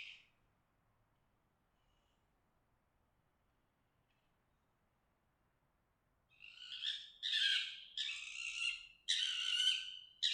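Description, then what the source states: Fox giving several loud, hoarse, strained screams in quick succession after about six seconds of near silence. Mating call.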